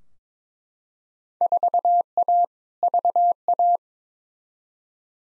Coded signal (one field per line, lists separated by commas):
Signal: Morse code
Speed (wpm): 22 wpm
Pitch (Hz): 700 Hz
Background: none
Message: 4A VA